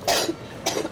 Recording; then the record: coughing mixed with background sound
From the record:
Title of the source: 61 morning phlegmy cough...again